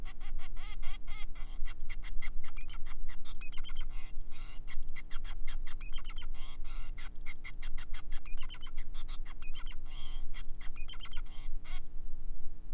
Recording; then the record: song of a male Bengalese finch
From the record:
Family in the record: son of father 5